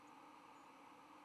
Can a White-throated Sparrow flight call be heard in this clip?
yes